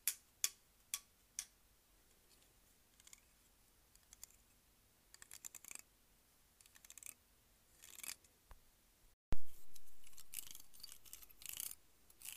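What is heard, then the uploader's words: Sharp plastic hair clip clicks and snaps repeat irregularly, with brief scratchy rustles between them and a louder snap with a dropout near nine seconds. ASMR Hair Clip.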